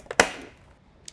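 A plastic dirty water tank is set back onto the body of a Hoover PowerScrub Deluxe floor scrubber and secured. A small tap at 0.1 s is followed by a sharp, loud click at 0.2 s, which rings out and fades, with a faint tap near 1.1 s. The tank clicks into place and is seated.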